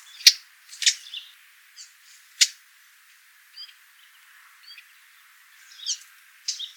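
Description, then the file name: Eurasian blackcap giving hard, dry tack calls, spaced unevenly a second or more apart, with faint high chirping notes between them. "Sylvia atricapilla"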